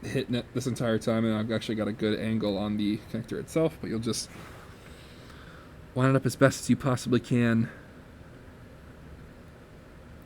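A tiny coaxial WiFi antenna connector is lined up by hand over its socket on a Chromebook WiFi card, ready to be pressed down, while someone talks in two stretches with a faint steady hum between and after. Nothing has clicked or seated yet.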